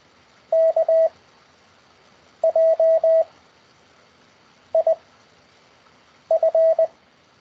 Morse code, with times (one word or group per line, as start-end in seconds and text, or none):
0.5-1.1 K
2.4-3.2 J
4.7-4.9 I
6.3-6.9 F